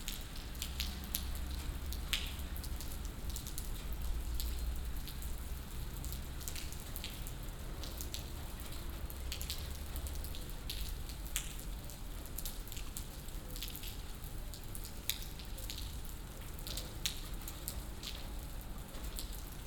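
Rain falls steadily, with many sharp, bright drops ticking irregularly across the whole twenty seconds on top of a constant dense patter. A low rumble sits underneath, stronger in the first half, and the overall level stays even throughout.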